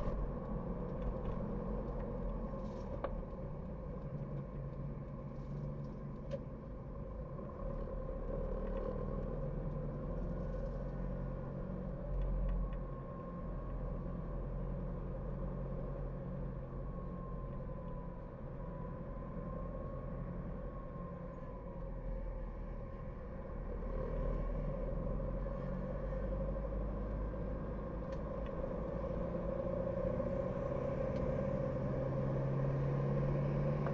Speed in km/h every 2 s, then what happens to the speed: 45, 44, 34, 26, 24, 30, 30, 28, 30, 28, 28, 27, 26, 32, 36, 42, 44.
2-8 slows to 24. 8-10 speeds up to 30. 10-24 steady at about 28. 24-34 speeds up to 44.